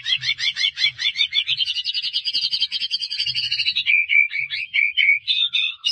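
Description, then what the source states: White-rumped shama song: a fast, steady series of chattering, trilled notes that climbs slightly and then breaks into short warbled whistles. Lure recording meant to draw a response from the bird; the bird is described as gacor, singing persistently.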